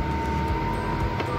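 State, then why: Not seated. The head of a Turbo EHM 9588 or EHM 9595 stand mixer is being tilted upward on the stand's hinge latch to open it, toward its locked raised position. A steady low rumble with a constant tone near 1 kHz runs throughout, with no sharp transients. Nothing has seated or clicked yet.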